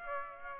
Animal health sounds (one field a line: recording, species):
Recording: mosquito wingbeat signal from an infrared sensor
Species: Aedes aegypti